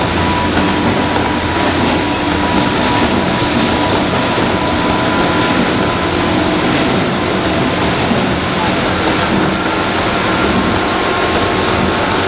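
A train runs on the line between Tokyo and Takao, its rumble steady and dense for the whole twelve seconds. A deep drone sits under a faint, thin whine, with no clear breaks or separate events.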